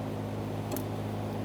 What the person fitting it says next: right, so when you hear that click, you know it's locked in.